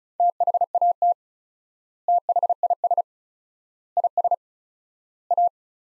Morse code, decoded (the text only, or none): THAT THIS IS A